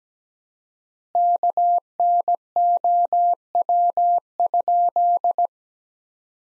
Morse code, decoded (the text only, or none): KNOW?